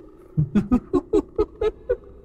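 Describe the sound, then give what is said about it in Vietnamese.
A cat's manic, demonic cackle: eight sharp, evenly spaced bursts of laughter climbing in pitch, loud and alone with no talking, with a harsh, unhinged edge. “Nghe vậy, con mèo cười lên điên dại.”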